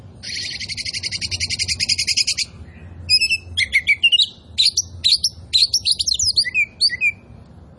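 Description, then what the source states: Oriental magpie-robin song: opens with a fast buzzy rattling trill for about two seconds, then varied whistled phrases and slurred notes. Kacer poci variety, described as gacor, singing vigorously and continuously.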